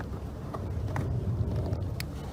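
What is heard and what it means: A second plug is pushed into its socket behind the cabin filter housing of a BMW 530i 5 Series E60, the same way as the first, over a steady low rumble with a few faint ticks. A sharp click at 2.0 s marks the plug seating in place.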